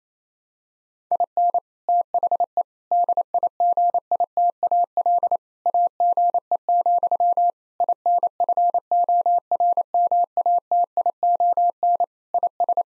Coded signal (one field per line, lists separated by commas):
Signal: Morse code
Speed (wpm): 28 wpm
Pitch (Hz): 700 Hz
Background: none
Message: IN THE DIGITAL AGE, INFORMATION IS